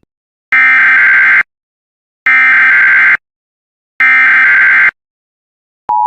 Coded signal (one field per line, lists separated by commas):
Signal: Emergency Alert System (SAME) tones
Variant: header bursts